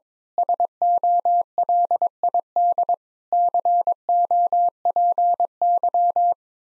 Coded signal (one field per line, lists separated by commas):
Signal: Morse code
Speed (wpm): 22 wpm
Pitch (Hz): 700 Hz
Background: none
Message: SOLID COPY